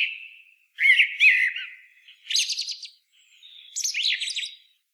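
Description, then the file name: Eurasian blackbird song: soft mellow whistled phrases sliding up and down, followed by two bursts of sharp, scratchy high twittering. "Turdus merula"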